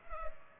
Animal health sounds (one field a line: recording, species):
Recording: mosquito wingbeat signal from an infrared sensor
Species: Culex pipiens